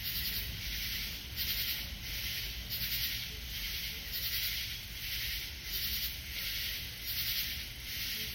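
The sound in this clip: Katydid calling in broad raspy bursts, repeating steadily above a constant hissing background.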